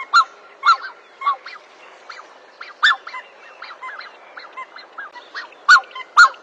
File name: Canto do cisne de pescoco preto